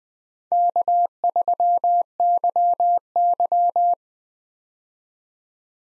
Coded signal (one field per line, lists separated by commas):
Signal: Morse code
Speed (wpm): 20 wpm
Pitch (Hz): 700 Hz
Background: none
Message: K3YY